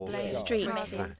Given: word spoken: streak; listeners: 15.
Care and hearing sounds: one English word in noise, from a listening test; four-talker babble; 0.5 dB; 2 of 15; 9 of 15; 0.80 s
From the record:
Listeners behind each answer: 9, 4, 2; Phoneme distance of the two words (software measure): 10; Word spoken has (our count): 1 syllable, 5 phonemes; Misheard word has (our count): 1 syllable, 5 phonemes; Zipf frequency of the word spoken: 3.76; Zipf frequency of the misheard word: 5.20

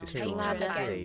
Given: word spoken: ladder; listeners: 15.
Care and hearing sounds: one English word in noise, from a listening test; four-talker babble; -1.6 dB; 1 of 15; 8 of 15; 0.65 s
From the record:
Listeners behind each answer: 8, 4, 1, 1, 1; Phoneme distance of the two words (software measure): 44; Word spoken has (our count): 2 syllables, 4 phonemes, stress on syllable 1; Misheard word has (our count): 2 syllables, 6 phonemes, stress on syllable 1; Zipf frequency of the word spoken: 4.16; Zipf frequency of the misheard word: 3.61

